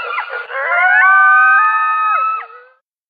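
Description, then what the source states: Coyote howling: a short burst of rough yips, then a long steady wavering howl with several harmonic bands that ends in a falling slur after about two and a half seconds. A single coyote.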